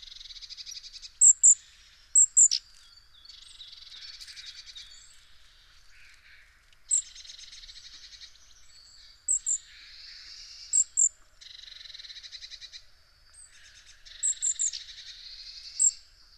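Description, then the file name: Great tit calls: clusters of very high thin notes mixed with buzzy, scratchy churring phrases, repeated irregularly through the recording. "Parus major"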